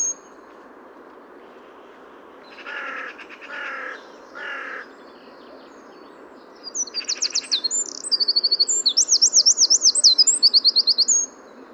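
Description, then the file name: Eurasian wren song: three harsh, lower buzzy bursts come first. After a pause a long, fast, shrill trilled warble rattles for several seconds. "Troglodytes troglodytes"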